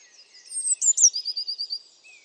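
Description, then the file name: Eurasian blue tit song: a high thin note, two sharp accented notes, then a quick run of evenly spaced trilled notes. "Cyanistes caeruleus"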